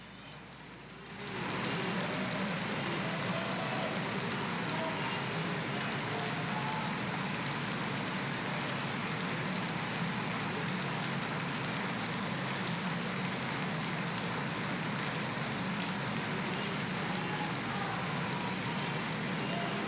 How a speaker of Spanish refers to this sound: Un bis, gritaban, una actuación sobresaliente, premiada por el público con sus aplausos, sus vítores. Las palmas duraron unos minutos, en este caso unos 4, pero muchos asistentes no lo olvidarán nunca.